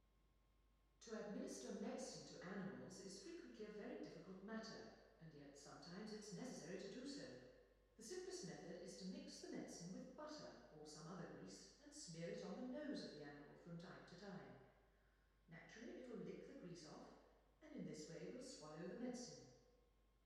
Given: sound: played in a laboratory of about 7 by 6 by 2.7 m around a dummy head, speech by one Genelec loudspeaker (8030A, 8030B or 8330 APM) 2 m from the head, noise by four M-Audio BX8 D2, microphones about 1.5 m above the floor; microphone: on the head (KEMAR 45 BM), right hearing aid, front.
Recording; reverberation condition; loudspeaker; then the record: female speech in English; high; 150 degrees to the left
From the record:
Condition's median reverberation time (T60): about 1300 ms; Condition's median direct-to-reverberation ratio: about -4.0 dB